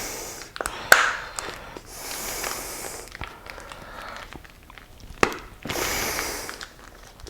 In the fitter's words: but I've only pushed it in two because I've been told that it is if you want to reuse the bag it is very difficult if you push it in three clicks to get it back out again